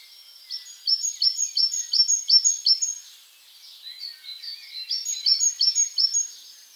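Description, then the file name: Great tit song: two bouts of repeated bright two-note phrases, the second slightly lower and less even. "Parus major"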